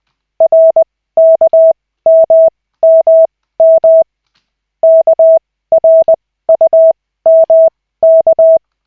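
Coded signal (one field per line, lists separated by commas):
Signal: Morse code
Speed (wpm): 20 wpm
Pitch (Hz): 650 Hz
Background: none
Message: RKMMM KRUMK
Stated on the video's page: Koch method Morse practice session with two characters at a time, using LCWO lessons.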